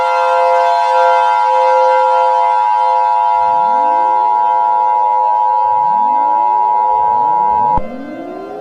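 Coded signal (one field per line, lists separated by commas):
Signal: Emergency Alert System (SAME) tones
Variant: 853 and 960 Hz attention tone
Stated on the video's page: Fictional mini-scenario alert about robots.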